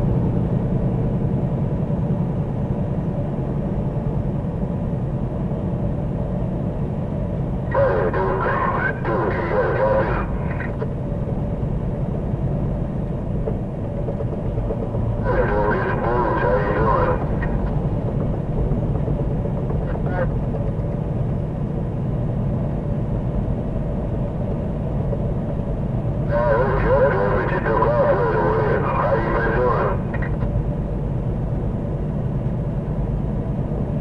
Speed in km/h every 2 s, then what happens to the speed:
95, 97, 97, 95, 95, 93, 93, 92, 89, 90, 90, 90, 90, 90, 90, 92, 92.
0-34 steady at about 92.